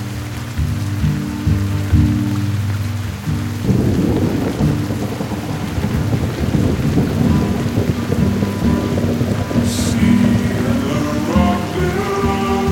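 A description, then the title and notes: Rain falls steadily throughout, a dense hiss of drops. For the first few seconds a low droning hum sits underneath, then a rougher, louder rumble takes over around four seconds and stays. Near ten seconds a brief bright hiss cuts through. Its raining.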